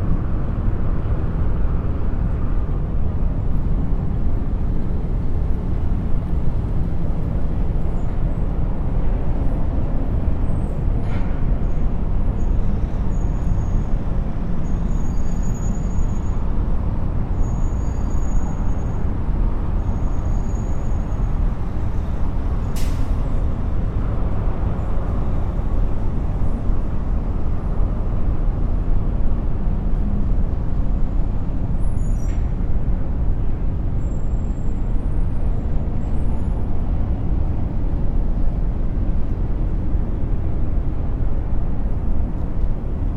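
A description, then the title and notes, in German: City noise heard from high above a busy street: a dense, steady low rumble of traffic that never lets up. Faint high whistles or squeals, possibly brakes, drift in around the middle and again near the end, and a brief sharp click lands midway. 20 Stockwerke über der belebten Stadtszene.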